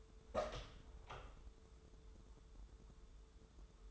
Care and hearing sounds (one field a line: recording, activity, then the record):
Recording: daily activity, microphone in the room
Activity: open door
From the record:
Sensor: 3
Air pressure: 1015.1 hPa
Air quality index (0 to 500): 108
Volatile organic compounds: 3 ppm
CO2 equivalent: 1494 ppm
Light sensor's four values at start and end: 15/39/16/17 and 15/39/16/17